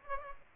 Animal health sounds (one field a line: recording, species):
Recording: mosquito wingbeat signal from an infrared sensor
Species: Aedes aegypti